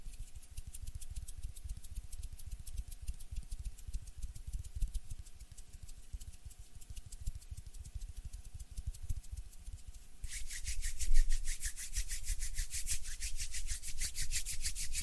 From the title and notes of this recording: HAND SOUNDS AND MOVEMENTS ASMR. NO TALKING.